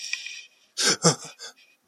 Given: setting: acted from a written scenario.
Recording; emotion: vocal sound without words; fear